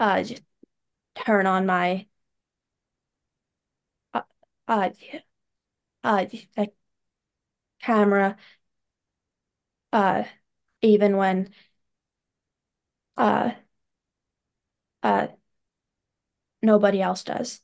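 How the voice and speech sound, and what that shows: An adult woman speaks in short bursts broken by long silences, with repeated, drawn-out 'uh' sounds starting on tense glottal catches before words like 'the', 'camera' and 'nobody'. Only about a dozen words come out in some seventeen seconds: stuttering with blocks and prolongations.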